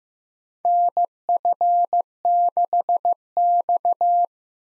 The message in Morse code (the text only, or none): NF6X